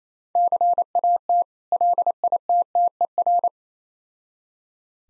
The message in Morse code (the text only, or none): CAT LITTER